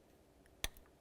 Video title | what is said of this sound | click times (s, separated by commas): How to Replace Mass Air Flow Sensor 20020-2005 Buick LeSabre | there's our click give it a tug to make sure it's completely secured | 0.6 s